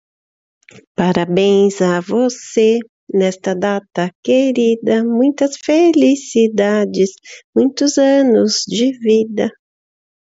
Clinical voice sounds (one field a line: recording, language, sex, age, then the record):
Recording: short text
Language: Brazilian Portuguese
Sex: female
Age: 50 to 59 years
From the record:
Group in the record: control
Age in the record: 54 years